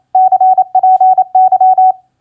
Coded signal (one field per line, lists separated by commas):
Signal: Morse code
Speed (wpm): 28 wpm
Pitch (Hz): 750 Hz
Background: none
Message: CPY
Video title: Morse Code Practice QSO Elements Q4e HWCPY-GUD-CPY 28wpm